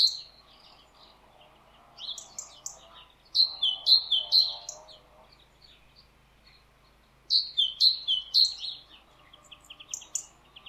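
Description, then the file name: Great tit song: runs of clear, high, ringing two-note phrases, two runs of three or four phrases, with a softer, lower warbling in the background for part. "Parus major"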